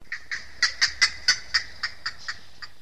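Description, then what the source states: Bird call: a quick series of about a dozen short, sharp harmonic notes, loudest in the middle and fading toward the end, over quiet background hiss. Florida.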